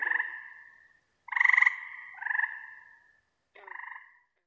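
Frog giving drawn-out croaks, four calls in three groups with pauses between, each slightly falling and fading out.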